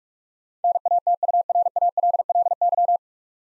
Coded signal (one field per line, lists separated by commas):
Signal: Morse code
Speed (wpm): 45 wpm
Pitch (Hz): 700 Hz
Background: none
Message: NATURALLY